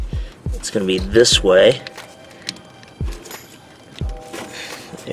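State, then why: Not seated. A Lasfit LED headlight bulb's wiring connector is pushed onto the headlight harness plug of a 2017 Subaru Forester XT while someone talks, with only a few faint handling bumps around it. No snap is heard and the connector has not clicked into place, though it is thought to be plugged in.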